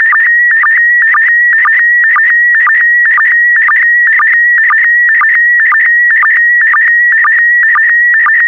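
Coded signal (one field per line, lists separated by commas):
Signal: SSTV (slow-scan television)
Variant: PD120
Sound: steady high warbling tone broken by regular short low blips, about two per second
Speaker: 3, 2, 1. Thank you. Transmission complete. You can now check your decoded image against the picture that is shown on the video.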